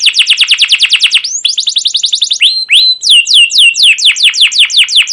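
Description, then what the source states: Canary song: quick runs of downward-sweeping chirps switching between phrases, with a slower series of looping whistled notes at the end. Canary singing a long rolling chirp song used as a lure (pancingan) to train other canaries.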